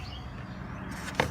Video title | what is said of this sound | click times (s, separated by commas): Chevy Equinox power door lock fix | here it'll simply snap into place so we'll just grab it and pry under it and pop it out with | 1.2 s